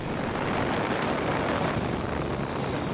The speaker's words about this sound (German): Am Ende konnte das Unternehmen seine Drohne in einem eigens eingerichteten Luftkorridor bei Wind und Wetter allein fliegen lassen.